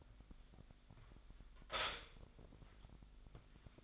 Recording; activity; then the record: daily activity, microphone in the room; stop toaster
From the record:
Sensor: 5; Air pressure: 1002.0 hPa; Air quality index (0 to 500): 203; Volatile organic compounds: 18 ppm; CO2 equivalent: 2623 ppm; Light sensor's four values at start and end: 34/110/42/45 and 34/110/42/45